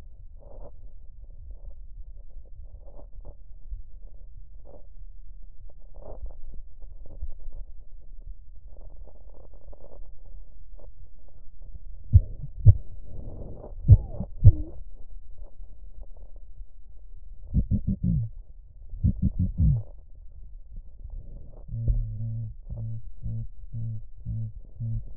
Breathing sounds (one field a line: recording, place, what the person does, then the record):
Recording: lung sounds by stethoscope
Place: left posterior apical chest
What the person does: quiet breathing, then cough and speech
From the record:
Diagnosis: none (healthy)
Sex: male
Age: 23 years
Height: 185 cm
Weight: 93 kg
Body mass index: 27.2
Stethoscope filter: extended mode